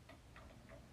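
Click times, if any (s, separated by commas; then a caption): none. A new LED bulb is handled at the bayonet lamp socket of a vintage Singer Featherweight 221 or 222 sewing machine as it is set back into place. Three soft, short ticking taps sound near 0.1, 0.4 and 0.7 seconds over a low, steady background. The bulb has not seated or clicked into the socket yet.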